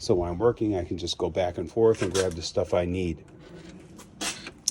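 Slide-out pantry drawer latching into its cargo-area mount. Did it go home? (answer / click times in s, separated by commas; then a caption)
yes / 4.7 s. Someone talks for about three seconds, then a camping kitchen pantry drawer in a vehicle cargo area slides closed with a soft rumble. It lands in a sharp, loud hit at 4.7 s as the drawer latches and locks into place in its mount.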